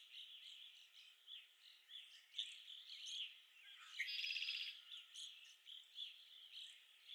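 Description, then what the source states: Red-winged blackbird song, one rasping buzzy trill past the midpoint amid a constant chatter of chirps from many birds. Recorded at Okalees on 5 May 2021.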